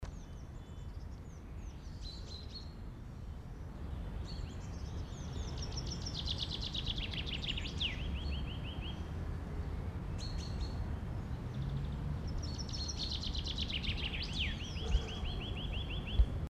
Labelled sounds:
Common Chaffinch song
Eurasian Nuthatch

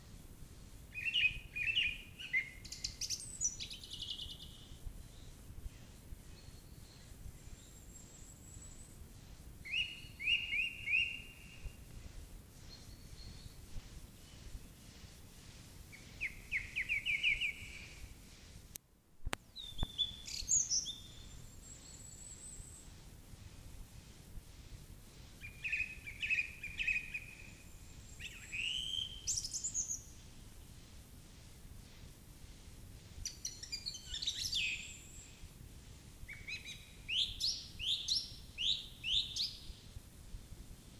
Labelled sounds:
Song Thrush song

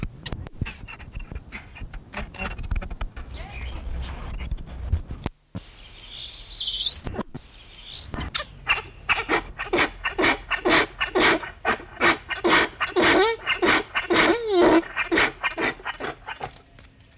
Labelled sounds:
Père David's Deer rut call

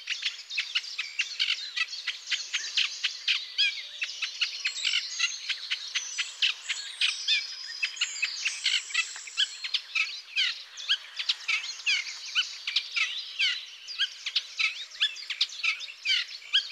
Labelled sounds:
Eurasian Reed Warbler song

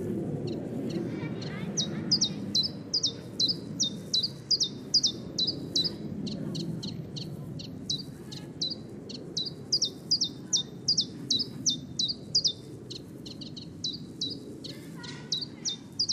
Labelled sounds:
Common Chiffchaff song

